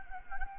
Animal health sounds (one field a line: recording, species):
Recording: mosquito wingbeat signal from an infrared sensor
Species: Anopheles gambiae